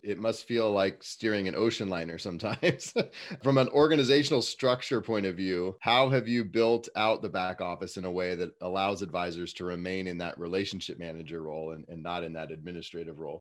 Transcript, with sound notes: it must feel like steering an ocean liner sometimes. [laughs] From an organizational structure point of view, how have you built out the back office in a way that allows advisors to remain in that relationship manager role, and not in that administrative role?